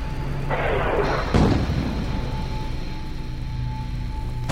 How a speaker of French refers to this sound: Je ne vis qu'un éclair lumineux puis de la fumée grise surgir comme de la peinture sale projetée sur une toile délavée. Toutes les formes se fissurèrent et se dispersèrent dans le violent craquement de l'explosion.